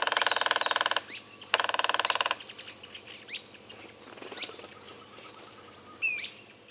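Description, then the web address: Bird sounds: two loud, fast rattling rolls, then scattered short whistled and sweeping notes, with a sharp whistle near the end. Costa Rican cloud forest; sounds described as a roll, a call and a drum. "Natures Songs N America Birds of the Costa Rican Cloud Forest Roll, Call, and Drum"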